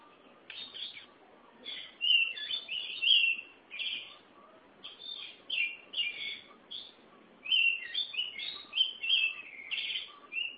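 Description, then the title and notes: Oriental magpie-robin singing steadily, loud whistled and warbled phrases following one another with short breaks, notes sweeping up and down. Kacer song. "Suara Kicauan Burung Kacer Durasi Panjang. Suara kicauan burung kacer format mp3 durasi panjang"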